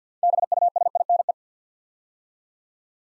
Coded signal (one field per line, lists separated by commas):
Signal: Morse code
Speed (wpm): 50 wpm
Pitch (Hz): 700 Hz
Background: none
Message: BUSINE